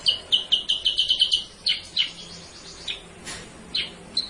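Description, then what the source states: Sooty-headed bulbul song opening with a fast, even string of bright high chirps, then slower scattered notes. Masteran: a training recording used to teach cage birds; also described as a lure sound.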